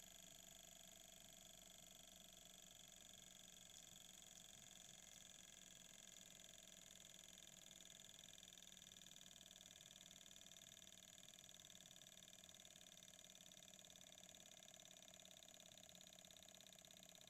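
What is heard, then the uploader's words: A small Stirling engine runs with a steady, even mechanical whir and thin high tones, unchanging throughout. A small chinese made Sterlinge Engine powering an LED.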